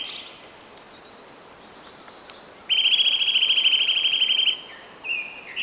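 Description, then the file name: Eurasian nuthatch producing a rapid, level rattling trill for nearly two seconds, followed by a brief second burst. "Sitta europaea"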